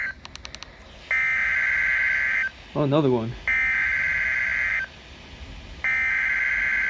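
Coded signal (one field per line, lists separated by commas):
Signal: Emergency Alert System (SAME) tones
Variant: header bursts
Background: speech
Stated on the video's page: EAS alert tones recorded off a weather radio station.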